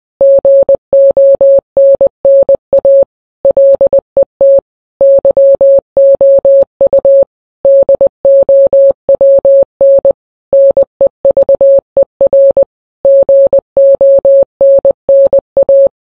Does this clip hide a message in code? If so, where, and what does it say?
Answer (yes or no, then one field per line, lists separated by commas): yes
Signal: Morse code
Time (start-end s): 0.2-15.9 s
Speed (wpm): 20 wpm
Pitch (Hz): 550 Hz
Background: none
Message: GONNA LET YOU DOWN NEVER GONNA